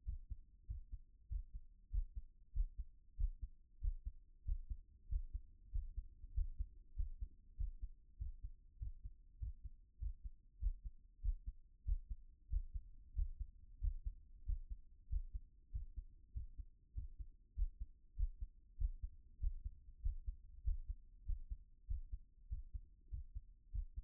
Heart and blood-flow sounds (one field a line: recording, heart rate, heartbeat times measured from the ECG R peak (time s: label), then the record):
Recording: heart sounds by stethoscope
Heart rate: 97 bpm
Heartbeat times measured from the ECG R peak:
0.03 s: heartbeat
0.65 s: heartbeat
1.27 s: heartbeat
1.89 s: heartbeat
2.51 s: heartbeat
3.15 s: heartbeat
3.79 s: heartbeat
4.43 s: heartbeat
5.07 s: heartbeat
5.70 s: heartbeat
6.32 s: heartbeat
6.94 s: heartbeat
7.55 s: heartbeat
8.16 s: heartbeat
8.77 s: heartbeat
9.38 s: heartbeat
9.98 s: heartbeat
10.58 s: heartbeat
11.20 s: heartbeat
11.83 s: heartbeat
12.48 s: heartbeat
13.13 s: heartbeat
13.79 s: heartbeat
14.44 s: heartbeat
15.07 s: heartbeat
15.70 s: heartbeat
16.32 s: heartbeat
16.93 s: heartbeat
17.54 s: heartbeat
18.14 s: heartbeat
18.76 s: heartbeat
19.38 s: heartbeat
20.00 s: heartbeat
20.62 s: heartbeat
21.24 s: heartbeat
21.85 s: heartbeat
22.47 s: heartbeat
23.09 s: heartbeat
23.70 s: heartbeat
From the record:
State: at rest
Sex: male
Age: 37 years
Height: 180 cm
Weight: 87 kg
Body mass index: 26.85